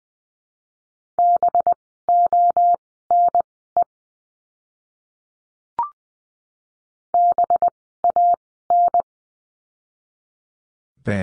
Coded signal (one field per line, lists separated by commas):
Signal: Morse code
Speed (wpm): 19 wpm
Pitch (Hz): 700 Hz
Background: none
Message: BONE BAN